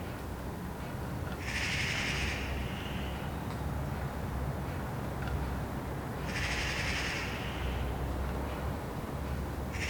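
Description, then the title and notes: Eurasian magpie chattering in two harsh rattling bursts about five seconds apart, a third starting at the end, over low steady background noise. Several magpies chattering in a tree, heard from a balcony on a Sunday morning in Saint-Gilles, Belgium; recorded with a handheld digital recorder. "Saint-Gilles, Belgique - Magpies. Dimanche matin sur le balcon. Des pies jacassent dans un arbre. Sunday morning on the balcony. Magpies chattering in a tree"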